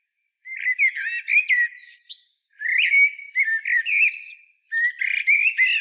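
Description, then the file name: Common blackbird song: three mellow fluted warbling phrases with squeaky high notes, separated by short pauses. "Turdus merula"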